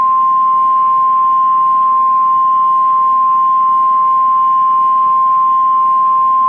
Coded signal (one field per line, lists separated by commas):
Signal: Emergency Alert System (SAME) tones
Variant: 1050 Hz attention tone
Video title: EAS Severe Thunderstorm Warning KLOT 2023-03-31 1952EDT Lake, Will, McHenry, DuPage, Cook Illinois